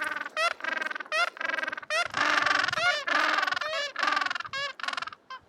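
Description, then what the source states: Gentoo penguin calling: a series of harmonic-rich, pulsed braying calls in bursts. In Antarctica; calling and communicating; each chick's squawk has a distinct, unique pitch so parents can hear their offspring from far away.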